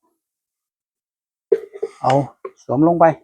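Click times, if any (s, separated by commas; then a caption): none. A homemade PVC pipe nozzle is slid onto the outlet of an electric blower and lined up before being twisted to lock. A sharp knock is heard at 1.5 s and a softer one at 1.8 s, and then someone talks. Nothing has locked or clicked into place yet.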